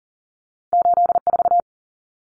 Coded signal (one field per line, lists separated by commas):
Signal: Morse code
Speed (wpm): 40 wpm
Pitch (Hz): 700 Hz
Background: none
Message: 84